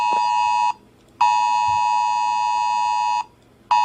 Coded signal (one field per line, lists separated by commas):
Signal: Emergency Alert System (SAME) tones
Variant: 853 and 960 Hz attention tone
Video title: EAS alarm for nuclear bomb